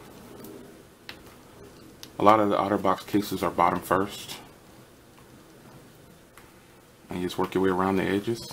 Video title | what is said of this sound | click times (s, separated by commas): Otterbox defender for Moto X 2014 (2nd Gen) | Make sure it's all snapped in. You hear the snaps and clicks, and you can go bottom first. | 1.1 s, 2.0 s